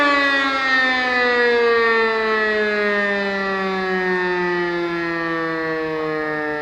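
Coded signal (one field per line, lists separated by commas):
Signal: siren signal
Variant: Siemens E57 siren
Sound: loud continuous wailing siren tone, rich in harmonics, pitch slowly sagging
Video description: Alle Sirenen aus den Ortsteilen dienen rein der freiwilligen Feuerwehr und lösen auch nur das Signal "Feueralarm" aus.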